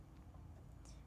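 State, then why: Not seated. A marker pen is being handled and pushed down into accessory clamp A of a craft cutting machine, with low rumbling handling noise and a brief hiss near the end. Nothing has seated or clicked yet.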